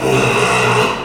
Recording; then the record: squeal of a Yucatan mini pig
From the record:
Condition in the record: after surgery on the right vocal fold (resection and tissue-engineered implant); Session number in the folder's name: 1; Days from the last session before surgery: 6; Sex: male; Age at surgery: 12 weeks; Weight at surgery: 13 kg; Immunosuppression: cyclosporine, prednisolone